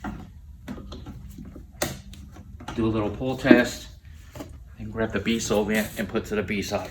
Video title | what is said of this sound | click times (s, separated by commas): Quik-Coating Maintenance Kit from Pipe Lining Supply | for the a side once again you wait for the click | 1.8 s